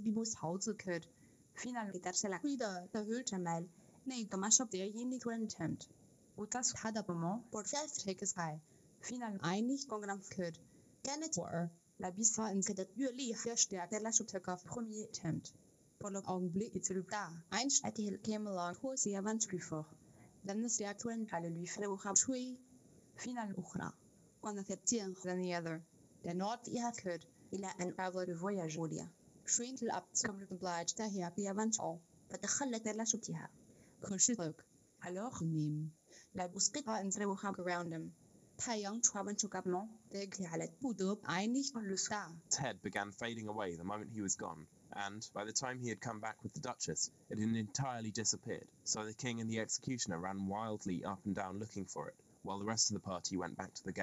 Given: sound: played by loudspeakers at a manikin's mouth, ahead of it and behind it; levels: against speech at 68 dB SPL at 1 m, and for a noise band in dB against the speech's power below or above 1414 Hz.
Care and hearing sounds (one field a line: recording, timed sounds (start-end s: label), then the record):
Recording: test signals for a remote microphone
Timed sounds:
0.00-42.51 s: speech test signal (ISTS)
42.51-54.03 s: man speaking
From the record:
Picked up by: remote microphone A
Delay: 47 ms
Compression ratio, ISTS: 4.90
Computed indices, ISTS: SII 0.993, HASPI 0.999, HASQI 0.497 (non-linear 0.574, linear 0.866), ESTOI 0.858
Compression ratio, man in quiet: 8.14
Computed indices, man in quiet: SII 0.991, HASPI 1.000, HASQI 0.503 (non-linear 0.584, linear 0.862), ESTOI 0.841